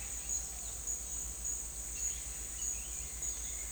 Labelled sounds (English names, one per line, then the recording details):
none
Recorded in dense forest near Puerto Asís, Putumayo, Colombia, on 22 December 2024 at 10:00
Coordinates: 0.486, -76.317
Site G003